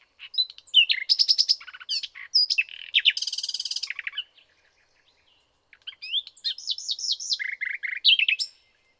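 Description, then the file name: Common nightingale song: rich varied phrases with a buzzy trill, a short gap, then rapid falling notes repeated several times. "Luscinia megarhynchos"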